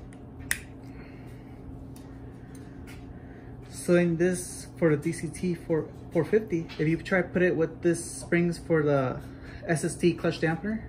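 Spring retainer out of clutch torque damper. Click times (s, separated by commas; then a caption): 0.5 s. A spring retainer is pried back out of the clutch torque damper on a Mitsubishi Evo X MR SST DCT470/6DCT470 transmission, and it comes free with a sharp snap at 0.5 s. Quieter ticks follow, and then someone talks through the rest of the clip.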